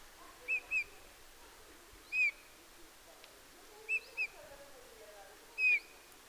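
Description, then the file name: Eurasian bullfinch soft whistled calls, brief downslurred pipes in single notes and pairs spaced a second or two apart, faint other bird sounds lower down. "Pyrrhula pyrrhula"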